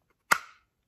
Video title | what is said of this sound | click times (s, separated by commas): RST: DeSantis Pegasus Slim-Tuk Holster for Glock 43X | So I'll put the gun in here. You can hear it's got a nice positive snap right there. | 0.3 s